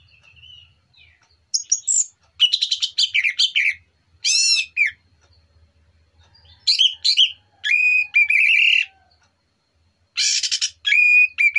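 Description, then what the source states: Orange-headed thrush singing varied loud phrases of chirps, slurred whistles and buzzy notes, with short silences between. Morning song used as a lure, relaxed and clear.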